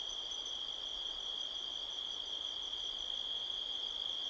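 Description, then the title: Crickets chirping in a steady, high, ringing trill that runs unbroken throughout, with a fainter pulsing layer above it and soft background hiss. Crickets all around at midnight, 5 October 2023, in a canyon at Sedona, Arizona, USA. "Sedona, Arizona, USA. by Joe Harvey-Whyte"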